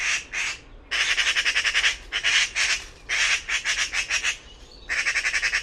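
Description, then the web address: Bird uttering rasping, stuttered chatter in several bursts, each a quick series of scratchy pulses separated by short silences. "Bird Only More Classes Pi Pi Pi Pi"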